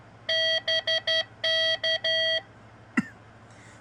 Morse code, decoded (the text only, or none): BK